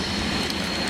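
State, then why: Not seated. On a 2012 BMW 335i with fault code 315A, a metal retaining clip on the fuel vent valve and hose connection is pressed in by hand while the valve is being installed on the engine. Steady broadband noise with a faint high tone and a low hum runs throughout, broken by one brief sharp tap at 0.5 s. Nothing has seated or clicked home yet.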